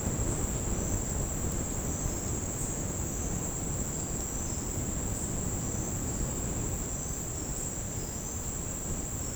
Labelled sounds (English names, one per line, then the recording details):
none
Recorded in secondary vegetation near Puerto Asís, Putumayo, Colombia, on 13 March 2025 at 09:30
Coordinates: 0.481, -76.318
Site G097